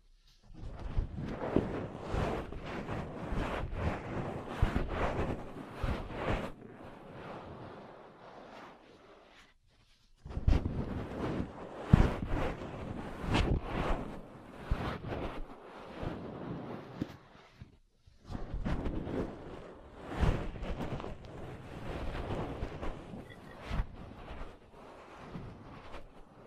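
Ear cleaning and massage sounds, with dense, rapid rustling and tapping close against the microphone that comes in three bursts, each about seven or eight seconds long. Brief near-silent gaps near 10 and 18 seconds separate them. The scratchy, muffled texture resembles wind buffeting.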